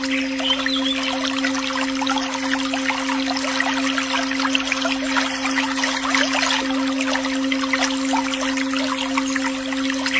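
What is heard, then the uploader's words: A chanting bowl holds a steady, unchanging low hum with a clear higher ring above it, sustained for the whole stretch. Over it runs a dense trickle of flowing water, fizzing and dribbling continuously at an even level. The chanting bowl.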